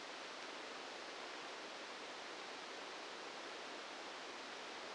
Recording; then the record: brain microelectrode recording played as sound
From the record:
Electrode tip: outside the subthalamic nucleus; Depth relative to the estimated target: -8 mm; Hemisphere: left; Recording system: NeuroSet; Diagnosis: Parkinson's disease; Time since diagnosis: 8 years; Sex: male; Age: 59 years